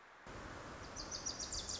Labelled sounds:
Wilson's Warbler (Cardellina pusilla)

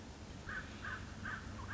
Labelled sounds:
American Crow (Corvus brachyrhynchos)

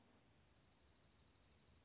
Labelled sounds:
Dark-eyed Junco (Junco hyemalis)

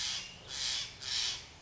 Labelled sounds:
Steller's Jay (Cyanocitta stelleri)

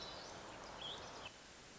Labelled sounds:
Hermit Thrush (Catharus guttatus)

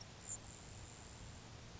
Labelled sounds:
Grasshopper Sparrow (Ammodramus savannarum)

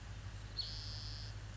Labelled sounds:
Spotted Towhee (Pipilo maculatus)

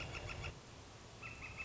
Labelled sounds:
Northern Flicker (Colaptes auratus)

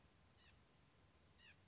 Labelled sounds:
White-breasted Nuthatch (Sitta carolinensis)

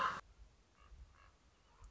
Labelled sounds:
Common Raven (Corvus corax)

